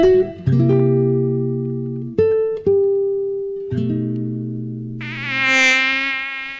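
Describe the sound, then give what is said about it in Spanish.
A few sustained electronic tones start and stop, then a high, wavering buzz of a dengue-transmitting mosquito swells in, whining loudly with a slightly shifting pitch until the end. “El mosquito que transmite el dengue vive en el agua clara, que parece limpia, y se junta en las gomas, los tachos, los aljibes, cacharros, chapas acanaladas que juntan agua, tanques de agua sin tapa y floreros.”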